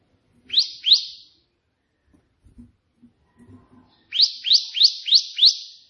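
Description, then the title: Prinia sings two rising buzzy notes, pauses amid faint low clicks, then gives a fast run of five matching notes. Three song variations ('tembakan') of a prenjak putih, offered as tutoring material (masteran) for pet prinias. "3 VARIASI TEMBAKAN prenjak putih ini COCOK untuk masteran prenjak anda"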